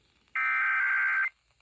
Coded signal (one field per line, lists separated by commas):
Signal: Emergency Alert System (SAME) tones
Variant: header bursts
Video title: EAS #4,000!!! EAS Alerts from 4/15/24 - 4/24/24 (EAS #3,995 - 4,011)